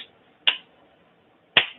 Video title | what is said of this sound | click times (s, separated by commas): Vid 358 LIVE: POTP Titan Class Predaking | Shove the head in, and click it into place. | 0.5 s, 1.6 s